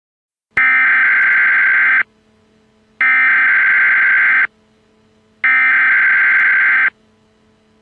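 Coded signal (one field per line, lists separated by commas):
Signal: Emergency Alert System (SAME) tones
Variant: header bursts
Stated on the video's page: Fictional Emergency Alert System scenario, not a real broadcast.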